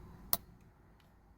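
A gray electrical connector is pushed into the driver wheel airbag module of a 2016-2019 Honda Civic. A single sharp click at 0.3 s, followed by a much fainter tick at 1.0 s, shows the connector is secured and fully seated.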